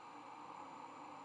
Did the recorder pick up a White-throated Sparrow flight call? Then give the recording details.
no. No flight call is heard. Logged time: 00:35 on 9 November 2014